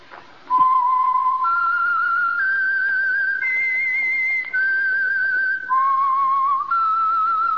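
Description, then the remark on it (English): The theme whistle identifying the Signal Oil Program radio show The Whistler: a solo whistled melody of sustained, clear notes that step upward and then drop and rise again, loud and steady with slight vibrato, forming a short eerie theme tune. “And for Sunday evening listening pleasure, the signal to listen for is this whistle that identifies the Signal Oil Program, The Whistler.”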